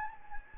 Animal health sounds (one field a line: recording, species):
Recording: mosquito wingbeat signal from an infrared sensor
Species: Anopheles gambiae